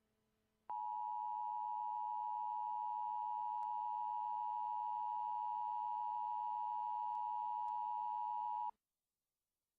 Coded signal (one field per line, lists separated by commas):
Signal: Emergency Alert System (SAME) tones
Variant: 853 and 960 Hz attention tone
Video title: EAS Christmas Special 2018 - Rabid Reindeer — EAS Mock #3